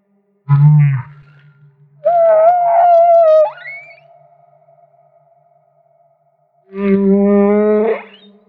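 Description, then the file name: Humpback whale song: a short low grunt, a bright tonal cry ending in an upsweep, silence, then a steady harmonic moan. Recorded off Maui. "Humpback Whale - Maui Whale One"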